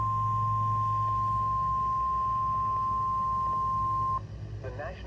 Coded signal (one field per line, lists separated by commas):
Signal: Emergency Alert System (SAME) tones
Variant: 1050 Hz attention tone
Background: speech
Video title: NOAA Weather Radio - Doubleheader Severe Thunderstorm Warning [EAS #311-#312] (6/27/23)